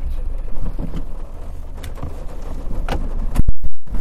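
A car drives along with a steady, low engine and road rumble. Near the end the sound abruptly shifts, with sharp cuts and a louder roaring swell as it enters a tunnel.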